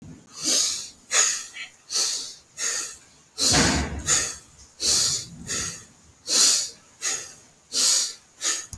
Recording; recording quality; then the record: deep breathing; excellent, no background noise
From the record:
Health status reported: healthy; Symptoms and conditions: diabetes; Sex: male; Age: 67 years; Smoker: not ticked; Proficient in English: yes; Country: India